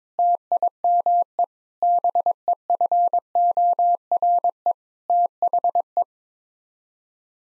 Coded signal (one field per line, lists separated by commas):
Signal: Morse code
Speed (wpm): 22 wpm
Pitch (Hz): 700 Hz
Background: none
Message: TIME BEFORE THE